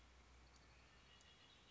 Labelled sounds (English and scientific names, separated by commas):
Red-winged Blackbird (Agelaius phoeniceus)